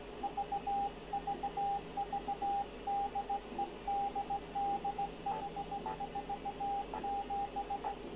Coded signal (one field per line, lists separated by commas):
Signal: Morse code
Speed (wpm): 17 wpm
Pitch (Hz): 800 Hz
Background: radio noise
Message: VVV DE DDH47